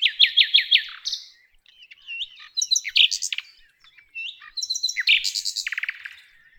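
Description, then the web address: Nightingale song opening with a run of five loud, repeated slurred whistles, followed by varied chirps, clicks and a rapid rattling trill. "usignolo"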